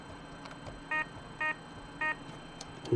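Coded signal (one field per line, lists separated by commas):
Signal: none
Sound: a computer's beeps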